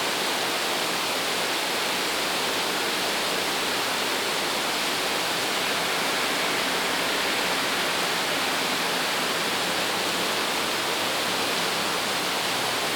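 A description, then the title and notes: Rain falls in a steady, dense hiss, even and unbroken from start to finish with no distinct drops or pauses. The sound is bright and full, spread across high tones with little low rumble, like a heavy downpour. Raining in Bangalore. This is how rain sounds in Bangalore.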